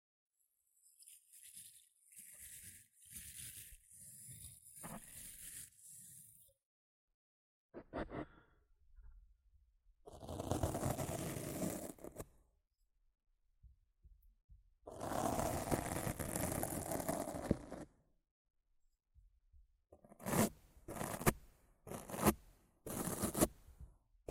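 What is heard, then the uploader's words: Rough scratching and brushing on a microphone comes in separate bursts with silent gaps. A thin, hissy brushing patter fills the first six seconds, then coarser, fuller scrapes run near 10–12 and 15–18 seconds, and sharp rapid scratches cluster after 20 seconds. ASMR Rough Mic Scratching & Brushing (No Talking).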